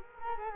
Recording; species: mosquito wingbeat signal from an infrared sensor; Culex quinquefasciatus